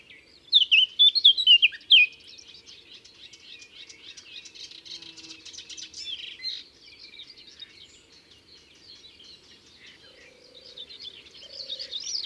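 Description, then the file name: Eurasian blackcap song: a loud burst of rich warbling in the first two seconds, followed by quieter chattering phrases and a few low hollow tones near the end. Recorded in Ardèche. "Fauvette-A-Tete-Noire-Concerts-Naturels-De-l Ardeche"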